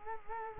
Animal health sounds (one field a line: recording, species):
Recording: mosquito wingbeat signal from an infrared sensor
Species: Culex quinquefasciatus